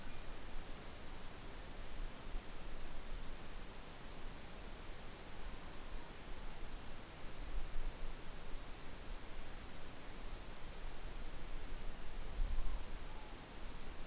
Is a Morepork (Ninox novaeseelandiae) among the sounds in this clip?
no